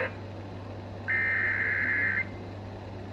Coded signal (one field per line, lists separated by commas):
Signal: Emergency Alert System (SAME) tones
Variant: header bursts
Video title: EAS #25 - AM/FM Severe Thunderstorm Warning